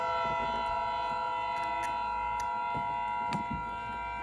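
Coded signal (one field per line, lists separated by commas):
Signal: Emergency Alert System (SAME) tones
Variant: 853 and 960 Hz attention tone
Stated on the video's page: Fictional Acid Rain Warning EAS alert.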